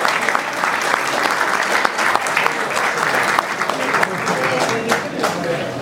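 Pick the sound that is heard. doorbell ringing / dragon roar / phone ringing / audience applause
audience applause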